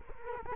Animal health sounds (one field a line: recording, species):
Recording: mosquito wingbeat signal from an infrared sensor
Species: Culex quinquefasciatus